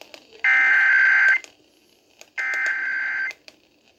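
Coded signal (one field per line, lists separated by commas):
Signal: Emergency Alert System (SAME) tones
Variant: header bursts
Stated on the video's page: EAS tests received on WLS.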